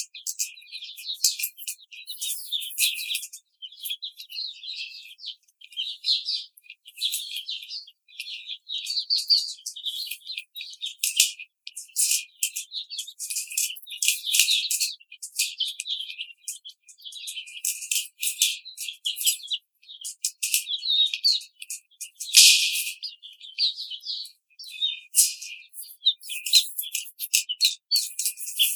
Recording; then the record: young laying hens in a cage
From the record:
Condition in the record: treatment cage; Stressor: simulated dog barking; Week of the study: 5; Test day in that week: 1